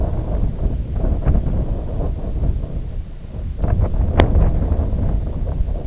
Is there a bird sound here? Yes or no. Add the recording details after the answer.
no. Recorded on Arctic tundra, site IGLO-D, on 18 June 2018. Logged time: 04:00